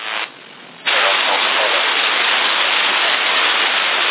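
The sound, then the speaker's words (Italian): Water rushes steadily down a gutter channel in a loud, continuous hiss, after a brief quieter dip in the first second. “Nella canaletta dove scende l'acqua.”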